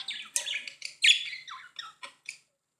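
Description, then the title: Budgerigar warbling in scratchy, twittering notes that fade into a few brief chirps before silence. "Budgie Sounds"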